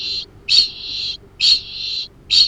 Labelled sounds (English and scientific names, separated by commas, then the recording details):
Kākāpō (Strigops habroptilus) ching call
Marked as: faintness 1/5
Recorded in New Zealand
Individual Arab